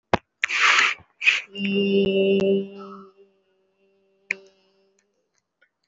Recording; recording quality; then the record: sustained vowel as in made; moderate, slight background noise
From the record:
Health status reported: respiratory illness, not identified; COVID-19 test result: not tested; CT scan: not taken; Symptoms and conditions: breathing difficulty, another respiratory illness, hypertension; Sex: female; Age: 61 years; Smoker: no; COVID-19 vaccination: none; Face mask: worn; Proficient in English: no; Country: India